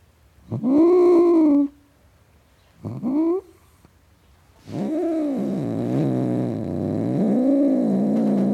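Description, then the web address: Domestic cat growling: two moaning yowls, the first rising then falling, the second short and rising, then a longer wavering growl lasting about four seconds. Tom cat growling. "BBC Cats Growling"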